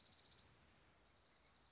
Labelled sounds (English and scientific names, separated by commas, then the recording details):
Dark-eyed Junco (Junco hyemalis)
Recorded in Sonoma County, California